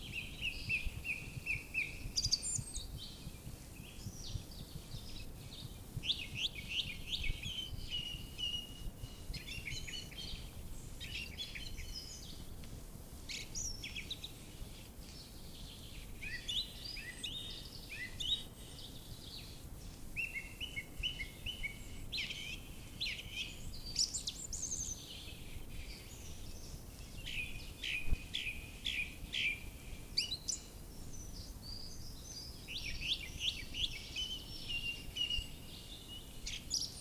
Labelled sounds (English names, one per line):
Song Thrush song